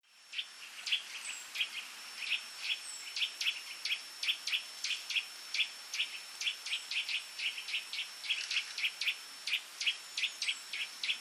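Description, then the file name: Eurasian nuthatch calling a long, steady series of sharp, clear notes, about three each second, with a faint steady high tone in the background. "Sitta europaea"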